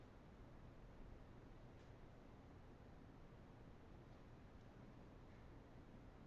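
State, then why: Not seated. A nurse handles a plastic inner cannula and lines it up to insert it into the outer cannula of a tracheostomy tube. Only a steady broadband hiss with a few faint soft rustles is heard. Nothing has seated or clicked yet.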